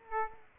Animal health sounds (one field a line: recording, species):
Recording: mosquito wingbeat signal from an infrared sensor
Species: Aedes aegypti